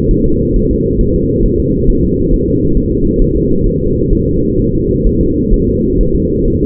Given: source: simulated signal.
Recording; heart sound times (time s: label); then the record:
fetal heart sounds
0.11 s: S1
0.26 s: S2
0.56 s: S1
0.71 s: S2
1.01 s: S1
1.16 s: S2
1.46 s: S1
1.60 s: S2
1.90 s: S1
2.04 s: S2
2.34 s: S1
2.48 s: S2
2.77 s: S1
2.92 s: S2
3.22 s: S1
3.36 s: S2
3.67 s: S1
3.81 s: S2
4.12 s: S1
4.27 s: S2
4.59 s: S1
4.74 s: S2
5.07 s: S1
5.21 s: S2
5.54 s: S1
5.68 s: S2
6.01 s: S1
6.15 s: S2
6.48 s: S1
6.62 s: S2
From the record:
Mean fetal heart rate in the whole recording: 130 bpm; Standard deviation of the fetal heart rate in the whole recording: 4 bpm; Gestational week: 38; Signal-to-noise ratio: -15.3 dB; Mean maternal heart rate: 72 bpm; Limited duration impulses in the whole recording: present